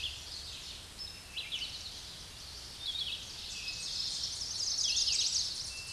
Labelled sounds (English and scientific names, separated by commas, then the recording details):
Red-eyed Vireo (Vireo olivaceus) song
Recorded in a Pennsylvania forest on 16 May 2024 at 07:41
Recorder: AudioMoth, point MSD-1338
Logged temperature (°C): 12.6 °C
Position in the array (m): 142 m, 43 m